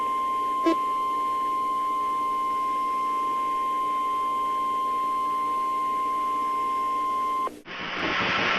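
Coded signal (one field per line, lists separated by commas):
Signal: Emergency Alert System (SAME) tones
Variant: 1050 Hz attention tone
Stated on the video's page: Remake of a 2008 tornado warning issued by the National Weather Service in Sioux Falls.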